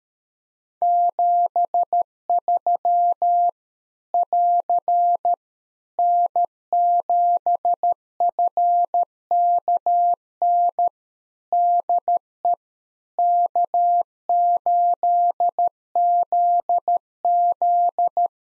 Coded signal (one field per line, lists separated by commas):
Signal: Morse code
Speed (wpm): 13 wpm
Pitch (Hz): 700 Hz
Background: none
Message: 73 <AR> N7FKN DE K8ZZ